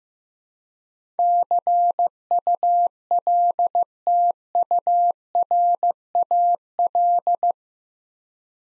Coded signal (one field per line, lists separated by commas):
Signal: Morse code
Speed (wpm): 15 wpm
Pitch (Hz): 700 Hz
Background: none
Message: CULTURAL